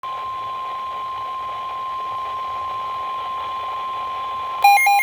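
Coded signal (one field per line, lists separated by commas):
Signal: Emergency Alert System (SAME) tones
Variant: 1050 Hz attention tone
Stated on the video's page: Severe Thunderstorm Warning issued by the National Weather Service in Indianapolis.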